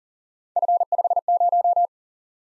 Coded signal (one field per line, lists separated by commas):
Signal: Morse code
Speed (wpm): 38 wpm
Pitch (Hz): 700 Hz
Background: none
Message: F50